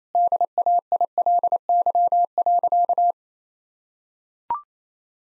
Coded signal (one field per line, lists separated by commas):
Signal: Morse code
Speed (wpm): 28 wpm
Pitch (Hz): 700 Hz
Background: none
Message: DAILY.